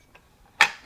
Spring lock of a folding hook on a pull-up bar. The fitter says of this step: So what I'm going to do is I'm going to unlock this,